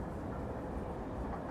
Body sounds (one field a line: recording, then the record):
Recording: background sound without coughing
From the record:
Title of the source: Train Ride Ambience ambient white noise for sleeping, focus, studying, reading